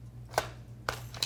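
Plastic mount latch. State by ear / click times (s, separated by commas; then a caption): seated / 0.9 s. A camera's quick-release plate is slid into a tripod head mount, with a sharp click at 0.9 s as it seats and locks. Other brief handling knocks come at about 0.4 s and 1.2 s over a steady low hum.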